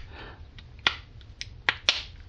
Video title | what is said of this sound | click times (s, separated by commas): BOLTR: PROXXON Carving Tool - Germany | there we go now the cour assembly it just snaps right in for quick assembly | 0.9 s, 1.7 s, 1.9 s